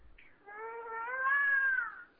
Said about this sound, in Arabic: انا اسمع بكاء صبي.